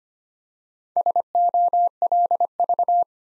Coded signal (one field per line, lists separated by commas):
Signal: Morse code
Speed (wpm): 25 wpm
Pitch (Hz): 700 Hz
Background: none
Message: SOLV